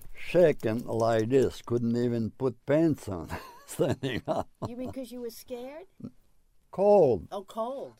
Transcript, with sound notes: shaking like this. Couldn't even put pants on (laughing) standing up.
Cause you were scared?
Cold!
Oh, cold.